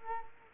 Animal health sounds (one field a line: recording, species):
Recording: mosquito wingbeat signal from an infrared sensor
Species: Culex quinquefasciatus